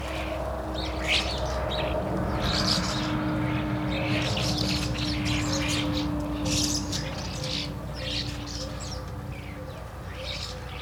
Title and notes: Niévroz, France, Rue Henri Jomain - starlings and a fly. étourneaux et une mouche